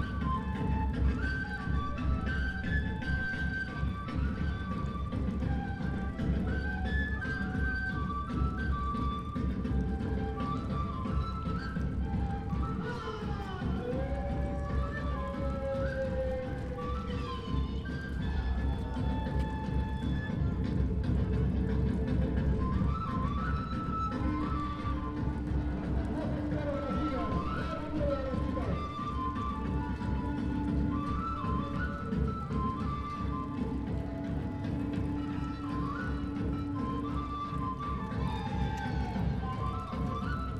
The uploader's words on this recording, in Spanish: Plaza de Layo-Canas- Cusco Oct 2019 by Alejandro Cornejo Montibeller.